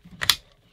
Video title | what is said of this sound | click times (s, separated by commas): Olight Odin GL M: From EDC to Tactical to Weapon Light! | that goes in nice positive click and then this locks it which is awesome | 0.3 s